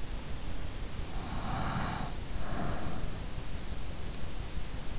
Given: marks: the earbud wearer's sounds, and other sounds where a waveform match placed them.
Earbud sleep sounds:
sounds in sleep by an in-ear microphone; breath
1.23-3.16 s: breath

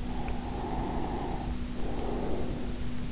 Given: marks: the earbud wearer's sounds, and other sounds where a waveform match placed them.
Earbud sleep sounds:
sounds in sleep by an in-ear microphone; breath
0.09-3.05 s: breath

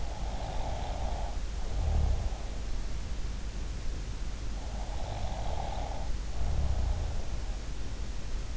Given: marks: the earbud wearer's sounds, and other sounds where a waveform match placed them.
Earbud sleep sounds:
sounds in sleep by an in-ear microphone; snoring breath
0.00-2.89 s: snoring breath
4.64-7.30 s: snoring breath

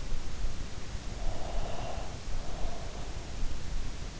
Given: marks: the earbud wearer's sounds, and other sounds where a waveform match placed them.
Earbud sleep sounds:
sounds in sleep by an in-ear microphone; breath
1.06-3.08 s: breath

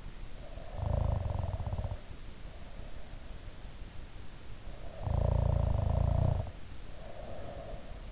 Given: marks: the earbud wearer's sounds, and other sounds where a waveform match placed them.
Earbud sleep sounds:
sounds in sleep by an in-ear microphone; snoring breath
0.46-2.97 s: snoring breath
4.63-8.11 s: snoring breath

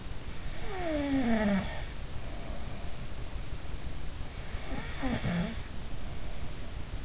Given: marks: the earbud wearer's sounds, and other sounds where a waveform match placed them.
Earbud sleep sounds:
sounds in sleep by an in-ear microphone; snoring breath
0.54-2.99 s: snoring breath
4.63-7.05 s: snoring breath

